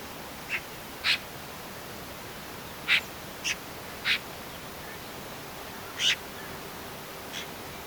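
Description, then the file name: Eurasian magpie giving several single harsh, rasping chack notes at irregular intervals. "Pica pica"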